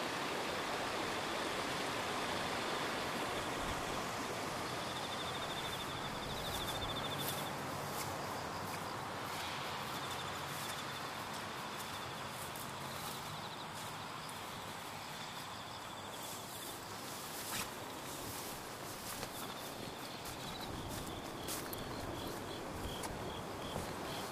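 Walking along the Tama River in the rain: a dense, steady hiss of rain and rushing water fills the whole clip at an even loudness. Scattered sharp taps and crunches, like footsteps, break through now and then, clustering around the middle and final seconds.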